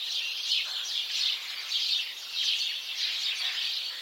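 House sparrows chirp in a steady throng, high tweets pulsing in repeated bursts.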